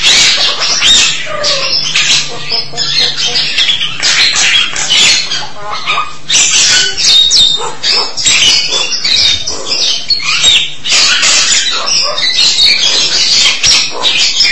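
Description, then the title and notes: Starling chatter runs continuously, a dense mix of scratchy, clicking and whistled notes with no pauses. "suara burung jalak"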